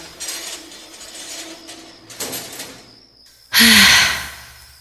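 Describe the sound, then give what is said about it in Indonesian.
A metal house gate, not yet locked, is worked open: a few hissing scrapes and a thin high squeal, then a sudden loud grinding rattle that slowly fades. “Aku membuka pagar rumah yang saat itu entah kenapa belum dikunci.”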